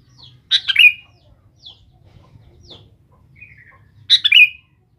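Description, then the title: Sooty-headed bulbul delivering two quick bubbly note phrases, with a few thin high chirps between them. "Kutilang"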